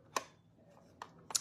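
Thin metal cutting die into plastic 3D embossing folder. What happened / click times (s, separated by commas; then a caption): A thin metal piece snapped into place in a plastic holder / 1.4 s. A thin metal cutting die is pressed into its recess in a plastic 3D embossing folder, with a sharp tap at 0.2 s and quieter ticks around 1.0 and 1.3 s. It clicks into place at 1.4 s with a bright, crisp snap, and the die is seated.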